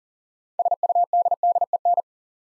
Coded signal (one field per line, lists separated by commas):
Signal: Morse code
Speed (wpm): 41 wpm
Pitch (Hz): 700 Hz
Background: none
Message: SUDDEN